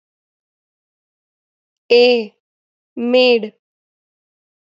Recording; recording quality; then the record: sustained vowel as in made; poor, much background noise or distortion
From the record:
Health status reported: exposed to COVID-19, no respiratory illness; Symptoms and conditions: none ticked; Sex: female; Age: 26 years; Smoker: not ticked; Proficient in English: yes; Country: India